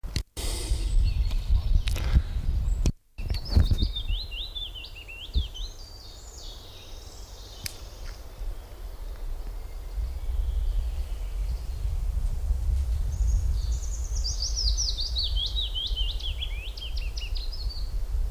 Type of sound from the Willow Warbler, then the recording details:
song. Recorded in the wild. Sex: male. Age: adult. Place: Bötzow - Krämer, Brandenburg, DE. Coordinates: 52.6736, 13.0725. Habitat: spruce forest. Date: 1997-05-18 16:33. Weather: sunny, 27°C, partly light winds. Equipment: Sony MD-WM MZ-R3, Sennheiser MKH 416 T, Kopie Uher 4000 Report Monitor. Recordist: Tembrock, Günter